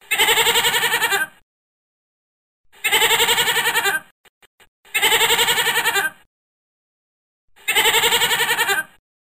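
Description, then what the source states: Goat bleating: four long, wavering, nasal bleats, each over a second long and about a second apart, with a few faint clicks between the second and third. Domestic goat.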